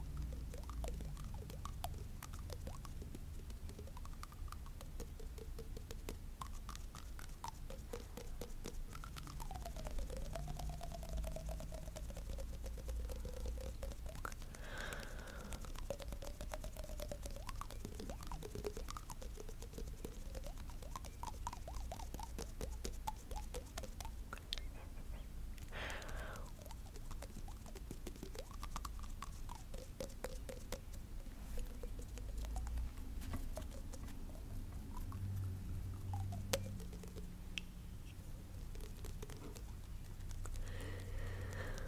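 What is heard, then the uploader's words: Quick, light tapping on glasses, teeth, nails and skin patters on steadily for the whole stretch over a soft low hum, without words. ASMR Body Tapping - glasses, teeth, nail, cheek & collarbone tapping, no talking.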